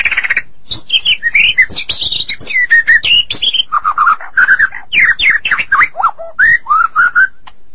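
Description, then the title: Magpie-robin or shama song, a fast varied run of loud whistled notes and slurred phrases shifting between high and mid pitch, with short buzzy chips between them. "Suara Burung Murai"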